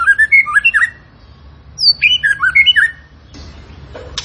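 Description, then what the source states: Tembakan bird song: two short bursts of quick, looping whistled notes separated by a pause, ending in a brief noisy rustle. Cage bird training recording (masteran) of a Tembakan bird in energetic, frequent singing form (gacor).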